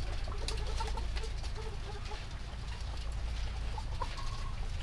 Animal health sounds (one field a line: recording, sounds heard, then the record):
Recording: poultry house recording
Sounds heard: healthy chickens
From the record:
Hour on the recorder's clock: 20